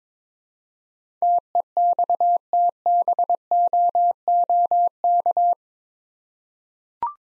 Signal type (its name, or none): Morse code